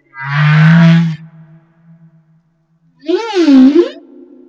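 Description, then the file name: Humpback whale song: a long, low, gravelly moan, then a wavering higher cry that bends down and back up. Recorded off Madagascar. "Humpback Whale - Madagascar Whale One"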